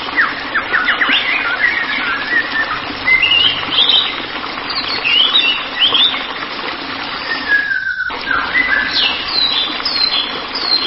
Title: Kicau Murai Batu